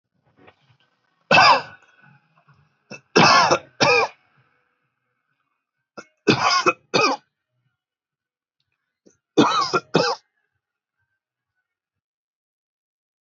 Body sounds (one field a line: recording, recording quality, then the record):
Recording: heavy voluntary cough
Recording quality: excellent, no background noise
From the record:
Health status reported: exposed to COVID-19, no respiratory illness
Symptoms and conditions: none ticked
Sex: male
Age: 32 years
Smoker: yes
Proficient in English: yes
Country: India